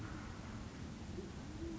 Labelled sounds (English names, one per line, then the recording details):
Band-tailed Pigeon
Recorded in Sonoma County, California